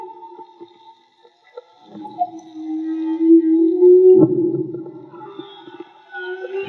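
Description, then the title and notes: Whale song: a long low moan that rises slowly and loudens, ending in a harsh grinding burst, with fainter tones around it. Whale song; field recording made with DIY hydrophones, audio cleaned afterwards. "CANTO DE BALLENAS MAGMA. Grabación de campo y construcción dehidrofonos DIY: Jorge Barco. Limpieza de audio: Santiago Minotas"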